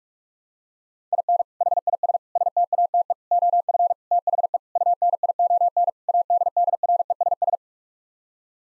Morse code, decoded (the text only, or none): IN HIS STATE OF THE UNION ADDRESS